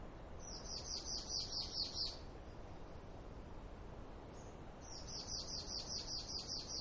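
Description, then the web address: Bird delivering fast, high, stuttering trills of roughly two seconds, separated by a short pause and a single chirp, against a steady rushing wash of noise. Near the sea. "Partners In Rhyme Birds Near Sea Loop"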